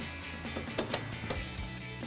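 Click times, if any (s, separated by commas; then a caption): 0.8 s, 0.9 s, 1.3 s. A trailer hitch wiring connector housing is set in at the bottom and slid into its opening in an OEM-style steel rear bumper shell for a 2009-2018 RAM 1500. Short ratchet-like clicks ring out at 0.8, 0.9 and 1.3 seconds over a steady low background hum, and the connector locks into place in the bumper.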